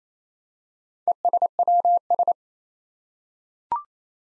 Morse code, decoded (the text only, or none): ESWS